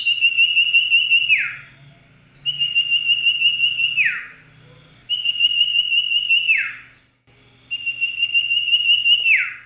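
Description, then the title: Oriental magpie-robin repeating a long, steady warbled whistle that drops away sharply at the end, given four times in close succession over a low background hum. "Kicau Kacer"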